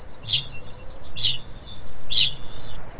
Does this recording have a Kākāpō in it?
yes